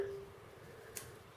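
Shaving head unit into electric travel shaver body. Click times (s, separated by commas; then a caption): 1.0 s. The cleaned shaving head unit of a Philips Philishave 384 electric travel shaver is slid back into the plastic shaver body, catching on the notches on either side of the head. A single short, sharp click at 1.0 s rises above a quiet background as the head unit snaps home and seats in place.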